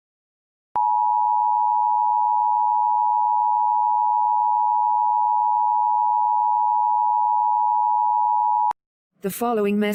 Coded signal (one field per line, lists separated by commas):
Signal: Emergency Alert System (SAME) tones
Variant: 853 and 960 Hz attention tone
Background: speech